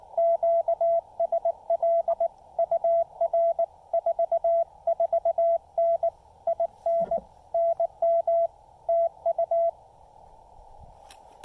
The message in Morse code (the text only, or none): QSL UR 44N IN NM TU